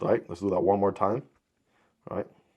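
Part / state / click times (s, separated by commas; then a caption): knife blade locking into the folding handle's snap lock / not seated / none. Someone talks while handling a folding knife whose steel blade locks into the folding handle's snap lock, which holds the blade through tension on the steel portion of the handle. The speech runs through about 1.3 s, and after a quiet gap a short burst of speech comes around 2.1–2.3 s. The knife is about to be opened a second time, and nothing has seated or clicked yet.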